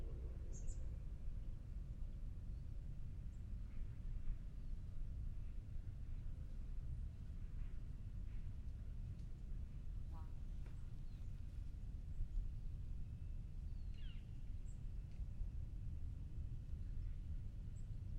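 Outdoor ambience in Tilden Regional Park in Orinda, California, dominated by a steady, dense low rumble like distant traffic or wind. Faint bird chirps surface now and then, near the start, around ten seconds, and a rising whistle near fourteen seconds.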